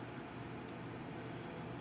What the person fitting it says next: okay so what I'm looking for is I'm looking for it to snap into place and it's not doing that yet